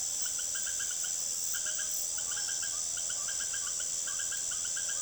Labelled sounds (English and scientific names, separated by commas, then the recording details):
none
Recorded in secondary vegetation near Puerto Asís, Putumayo, Colombia, on 23 June 2025 at 18:30
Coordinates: 0.489, -76.322
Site G021